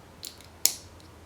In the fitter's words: and then to put it back in, you just slide her in, push it in until it clicks.